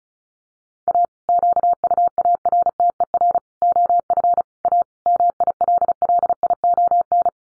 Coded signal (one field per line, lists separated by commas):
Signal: Morse code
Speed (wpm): 34 wpm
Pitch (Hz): 700 Hz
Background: none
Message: A QUARTER OF A MILLION